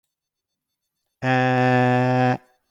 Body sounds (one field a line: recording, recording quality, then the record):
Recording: sustained vowel as in made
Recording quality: moderate, slight background noise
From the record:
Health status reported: healthy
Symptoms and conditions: asthma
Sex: male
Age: 41 years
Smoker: not ticked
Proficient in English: yes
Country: India